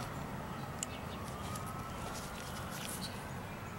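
A locking clip is fitted first onto the metal bracket or adjusting handle of a manual passenger-side mirror on a 1983 Mercedes-Benz 240D during mirror service or replacement. Against steady background noise, a single short, sharp click sounds at 0.8 s as the clip locks into place, so it is seated.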